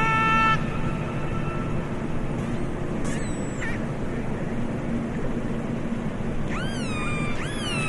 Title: orcass